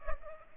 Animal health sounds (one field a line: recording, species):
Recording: mosquito wingbeat signal from an infrared sensor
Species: Culex pipiens